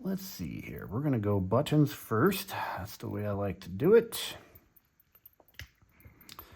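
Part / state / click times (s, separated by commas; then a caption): smartwatch body into soft rubber protective case / seated / 5.6 s, 6.3 s. Someone talks while a Galaxy Watch 6 Classic smartwatch, its bands removed, is pressed buttons-first into a soft rubber T-Engine rugged protective case. After the talking stops, a few short clicks and soft taps follow, with the watch popping into the case at about 5.6 s and 6.3 s. The soft rubber draws the watch in and it is seated in the case.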